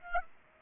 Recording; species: mosquito wingbeat signal from an infrared sensor; Aedes aegypti